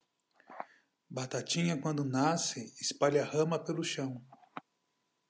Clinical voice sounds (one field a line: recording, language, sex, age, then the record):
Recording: short text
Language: Brazilian Portuguese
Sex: male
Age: 40 to 49 years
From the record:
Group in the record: control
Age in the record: 44 years